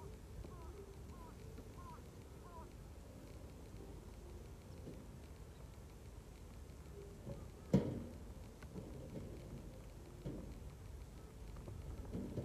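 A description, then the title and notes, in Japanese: Rice harvesting with a binder, then hanging the sheaves to dry. A steady low rumble runs throughout, with faint short chirps early on, a sharp crack near the eight-second mark, and scattered knocks and thumps as it grows slightly louder toward the end. 機械音あり バインダーで稲刈り、ハザ掛け。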